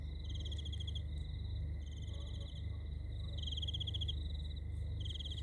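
Cricket chirping in rapid pulsed trills that come in bursts, over a steady high tone and a constant low rumbling hum.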